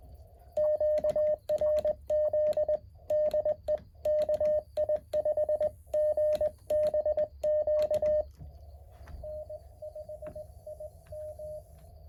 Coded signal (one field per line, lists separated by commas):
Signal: Morse code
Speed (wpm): 21 wpm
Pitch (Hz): 610 Hz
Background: none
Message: QRZ DE KI5GBQ N5IM